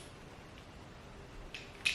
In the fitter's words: three clicks so